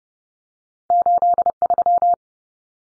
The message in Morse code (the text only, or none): 83